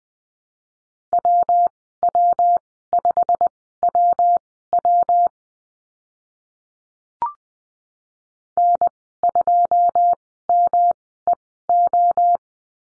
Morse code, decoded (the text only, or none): WW5WW N2MEO